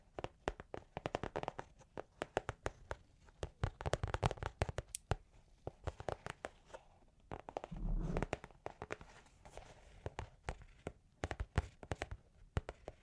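Long claws tap and scratch in quick, irregular bursts of sharp clicks, dense between about two and five seconds, then sparser. Near the eighth second a low scraping rub swells briefly before the scattered tapping resumes and thins toward the end.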